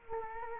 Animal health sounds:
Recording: mosquito wingbeat signal from an infrared sensor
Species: Culex quinquefasciatus

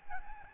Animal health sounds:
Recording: mosquito wingbeat signal from an infrared sensor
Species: Aedes albopictus

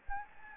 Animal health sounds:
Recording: mosquito wingbeat signal from an infrared sensor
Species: Anopheles gambiae

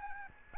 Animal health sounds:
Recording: mosquito wingbeat signal from an infrared sensor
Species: Aedes albopictus

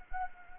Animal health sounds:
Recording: mosquito wingbeat signal from an infrared sensor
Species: Anopheles gambiae

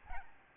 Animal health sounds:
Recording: mosquito wingbeat signal from an infrared sensor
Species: Aedes albopictus

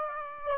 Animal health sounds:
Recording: mosquito wingbeat signal from an infrared sensor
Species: Aedes aegypti

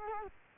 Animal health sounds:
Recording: mosquito wingbeat signal from an infrared sensor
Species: Culex quinquefasciatus

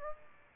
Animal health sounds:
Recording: mosquito wingbeat signal from an infrared sensor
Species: Aedes aegypti

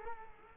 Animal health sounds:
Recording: mosquito wingbeat signal from an infrared sensor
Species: Culex quinquefasciatus

